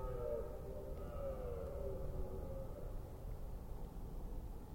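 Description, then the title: Red deer roar tailing off, a harmonic bellow fading over the first few seconds, then only low background rumble. Recorded during the rut in Forêt d'Orléans, France. "Red Deer Rut - Forêt d'Orleans, France"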